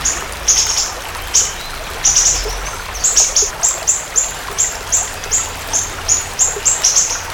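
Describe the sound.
Siri-siri bird song mixing buzzy high bursts with a fairly even sequence of short, sharp, very high notes.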